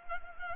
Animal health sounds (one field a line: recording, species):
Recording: mosquito wingbeat signal from an infrared sensor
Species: Culex pipiens